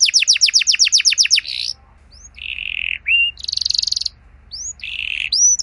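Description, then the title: Canary song opening with a quick series of descending whistled notes, then short pauses broken by rising whistles and buzzy rolled phrases. Belgian canary song that prompts other canaries to sing. "Canto Para Esquentar Canário Belga. Suara Burung Kenari Lagu dan Cengkok Buat Kenari Lain Bakal Langsung Nyaut Gacor Panjang"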